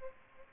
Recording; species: mosquito wingbeat signal from an infrared sensor; Culex pipiens